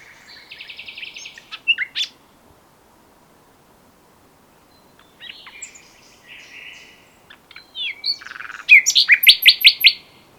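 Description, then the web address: Common nightingale song: buzzy rattling phrases, a pause, then varied churring notes leading into a fast, loud repeated series of sharp notes. "pub SETE data Luscinia megarhynchos"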